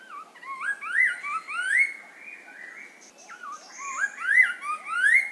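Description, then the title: Chestnut-capped laughingthrush giving rapid, slurred whistled notes that rise and fall in quick phrases, with fainter higher notes overlapping at times. Subspecies major. "Chestnut-capped Laughingthrush (Garrulax mitratus major)"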